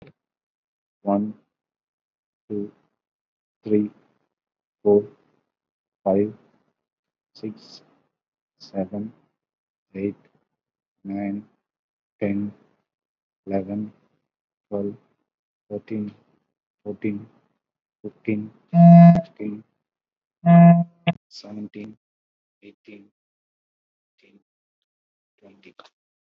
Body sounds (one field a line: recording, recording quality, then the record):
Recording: counting at a normal pace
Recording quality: excellent, no background noise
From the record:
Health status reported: COVID-19 positive, mild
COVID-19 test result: positive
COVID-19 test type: RT-PCR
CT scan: not taken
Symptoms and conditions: fever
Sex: male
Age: 34 years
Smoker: no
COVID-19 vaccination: one dose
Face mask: not worn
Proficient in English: no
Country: India